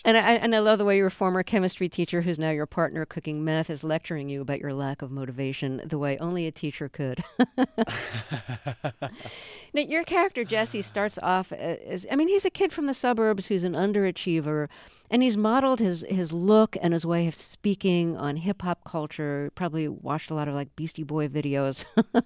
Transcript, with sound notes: And I love the way your former chemistry teacher, who's now your partner cooking meth, is lecturing you about your lack of motivation - the way only a teacher could.
(SOUNDBITE OF LAUGHTER)
Now, your character, Jesse, starts off as - I mean, he's a kid from the suburbs who's an underachiever, and he's modeled his look and his way of speaking on hip-hop culture; probably watched a lot of like, Beastie Boy videos.